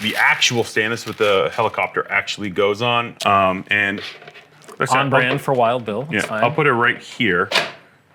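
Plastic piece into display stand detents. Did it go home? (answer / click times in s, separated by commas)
no / none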